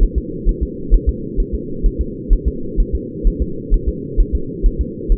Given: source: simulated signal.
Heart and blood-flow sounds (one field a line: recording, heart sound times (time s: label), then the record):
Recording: fetal heart sounds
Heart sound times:
0.03 s: S1
0.18 s: S2
0.49 s: S1
0.63 s: S2
0.94 s: S1
1.09 s: S2
1.40 s: S1
1.54 s: S2
1.86 s: S1
2.01 s: S2
2.33 s: S1
2.48 s: S2
2.80 s: S1
2.95 s: S2
3.27 s: S1
3.42 s: S2
3.74 s: S1
3.89 s: S2
4.21 s: S1
4.35 s: S2
4.66 s: S1
4.81 s: S2
5.12 s: S1
From the record:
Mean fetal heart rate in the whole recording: 130 bpm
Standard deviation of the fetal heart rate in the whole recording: 2 bpm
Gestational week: 38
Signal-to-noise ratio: -4.3 dB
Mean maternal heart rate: 72 bpm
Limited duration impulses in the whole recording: absent